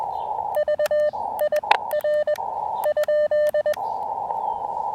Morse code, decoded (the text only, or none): VIR?